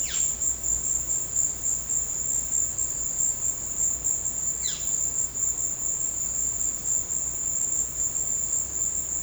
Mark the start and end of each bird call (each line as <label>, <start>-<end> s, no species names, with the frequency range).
bird call (1.1-6.2 kHz), 0.06-0.42 s
bird call (1.1-5.4 kHz), 4.50-4.88 s